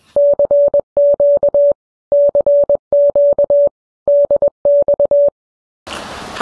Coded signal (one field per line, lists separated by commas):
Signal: Morse code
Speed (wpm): 21 wpm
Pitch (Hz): 530 Hz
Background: none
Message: CQ CQ DX